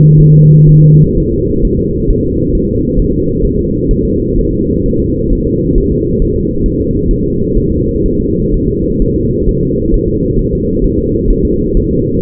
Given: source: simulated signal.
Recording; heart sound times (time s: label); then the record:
fetal heart sounds
0.20 s: S1
0.35 s: S2
0.69 s: S1
0.83 s: S2
1.18 s: S1
1.32 s: S2
1.65 s: S1
1.79 s: S2
2.10 s: S1
2.25 s: S2
2.55 s: S1
2.69 s: S2
2.99 s: S1
3.14 s: S2
3.45 s: S1
3.59 s: S2
3.91 s: S1
4.05 s: S2
4.38 s: S1
4.53 s: S2
4.86 s: S1
5.00 s: S2
5.33 s: S1
5.47 s: S2
5.78 s: S1
5.92 s: S2
6.22 s: S1
6.36 s: S2
6.66 s: S1
6.80 s: S2
7.11 s: S1
7.25 s: S2
7.57 s: S1
7.72 s: S2
8.05 s: S1
8.20 s: S2
8.54 s: S1
8.68 s: S2
9.02 s: S1
9.16 s: S2
9.49 s: S1
9.63 s: S2
9.94 s: S1
10.08 s: S2
10.39 s: S1
10.53 s: S2
10.84 s: S1
10.99 s: S2
11.30 s: S1
11.45 s: S2
11.77 s: S1
11.91 s: S2
From the record:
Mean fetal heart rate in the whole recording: 130 bpm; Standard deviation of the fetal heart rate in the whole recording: 4 bpm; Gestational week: 38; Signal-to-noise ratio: -14.7 dB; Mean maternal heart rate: 72 bpm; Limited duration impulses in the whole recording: present